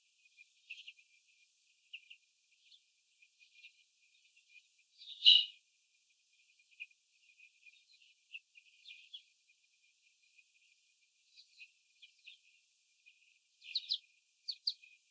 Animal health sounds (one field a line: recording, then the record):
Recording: young laying hens in a cage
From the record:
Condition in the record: after the stressor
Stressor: sudden umbrella opening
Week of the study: 3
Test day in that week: 2